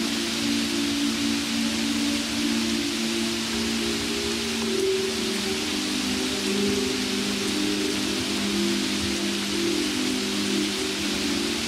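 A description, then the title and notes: Steady soft rain hisses evenly throughout, a dense bright patter with no pauses or swells. Beneath it, calm music holds sustained low-middle tones that shift slowly, drifting gently in pitch around the middle and near the five- and eleven-second marks. Relaxing Soft Rain Music. Pure sound of rain mixed with some calm music.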